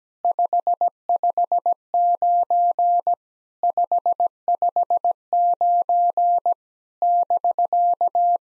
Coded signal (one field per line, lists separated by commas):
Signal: Morse code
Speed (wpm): 17 wpm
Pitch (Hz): 700 Hz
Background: none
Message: 559 559 <BK>